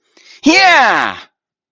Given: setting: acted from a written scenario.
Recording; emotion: vocal sound without words; triumph